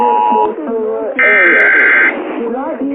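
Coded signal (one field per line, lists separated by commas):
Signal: Emergency Alert System (SAME) tones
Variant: header bursts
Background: speech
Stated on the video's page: Mock EAS scenario of an emergency action notification using valid tones, loud, not a real broadcast.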